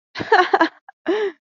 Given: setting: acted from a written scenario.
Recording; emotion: vocal sound without words; amusement